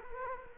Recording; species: mosquito wingbeat signal from an infrared sensor; Culex quinquefasciatus